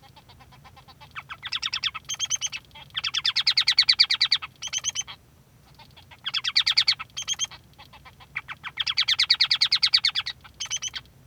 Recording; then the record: song of a male Bengalese finch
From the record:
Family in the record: son of father 3